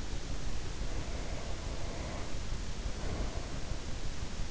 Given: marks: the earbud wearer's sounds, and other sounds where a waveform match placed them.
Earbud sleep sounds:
sounds in sleep by an in-ear microphone; breath
0.81-3.90 s: breath

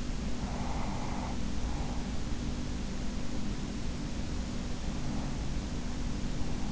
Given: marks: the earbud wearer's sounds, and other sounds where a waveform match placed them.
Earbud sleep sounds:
sounds in sleep by an in-ear microphone; breath
0.35-2.21 s: breath

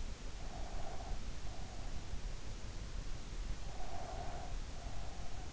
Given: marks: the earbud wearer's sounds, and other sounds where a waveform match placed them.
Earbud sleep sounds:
sounds in sleep by an in-ear microphone; breath
0.53-1.99 s: breath
3.64-5.52 s: breath

